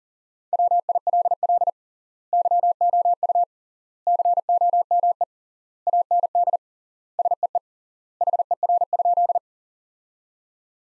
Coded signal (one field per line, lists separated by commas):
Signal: Morse code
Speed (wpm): 40 wpm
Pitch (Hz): 700 Hz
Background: none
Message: WILL YOU COME AND SEE HER?